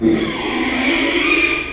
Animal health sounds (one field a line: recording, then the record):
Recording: squeal of a Yucatan mini pig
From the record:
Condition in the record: after surgery on the right vocal fold (resection and tissue-engineered implant)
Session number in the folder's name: 2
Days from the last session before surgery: 13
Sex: male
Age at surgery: 12 weeks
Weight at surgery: 13 kg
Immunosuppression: cyclosporine, prednisolone